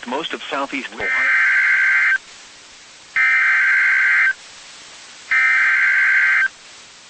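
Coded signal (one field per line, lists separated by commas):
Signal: Emergency Alert System (SAME) tones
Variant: header bursts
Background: speech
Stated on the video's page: Four severe thunderstorm warning EAS alerts from NOAA weather radio station KIG86, Columbus, Ohio.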